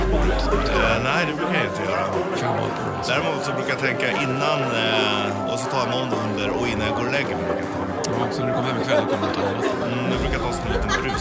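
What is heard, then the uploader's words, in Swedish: Murmuring bar sounds: many voices talk over one another in a dense, steady chatter that stays at an even level throughout. Short bright clinks and taps cut through now and then, and a low rumble sits underneath at the very start and end. Baren. En timme sorlande barljud.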